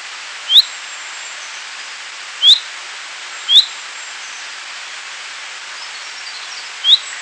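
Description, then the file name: Common chaffinch calling with four brief rising whistles spaced irregularly, with a long gap before the last, against a constant hiss. "Fringilla coelebs"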